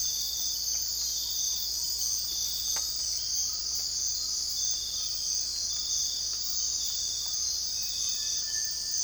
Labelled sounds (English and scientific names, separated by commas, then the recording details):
none
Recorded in dense forest near Puerto Asís, Putumayo, Colombia, on 21 December 2024 at 05:00
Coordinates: 0.485, -76.318
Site GP03